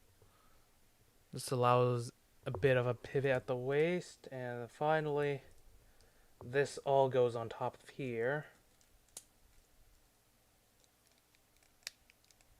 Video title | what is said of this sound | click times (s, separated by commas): Building a RG Destiny Gundam | that can force this down and click into place | 11.9 s